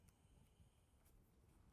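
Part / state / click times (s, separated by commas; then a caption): plastic numbered security seal locking onto a ballot container / not seated / none. A plastic numbered tamper seal is handled as it is being closed onto an election ballot supply container. Only a quiet low hum is heard, with a few faint, soft handling rustles. Nothing has clicked or seated yet, so the seal is not yet locked shut.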